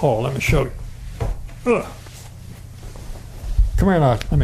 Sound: commotion

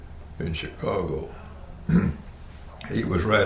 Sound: clears throat

